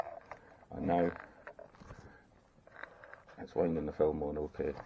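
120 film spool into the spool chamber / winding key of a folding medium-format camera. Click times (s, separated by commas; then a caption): 0.0 s. A roll of 120 film, turned and pushed down into the spool chamber of an Agfa Isolette folding medium-format camera, engages the winding key with a sharp click at 0.0 s, and the spool is seated. Light ticks and scrapes from the film being wound on follow while someone talks.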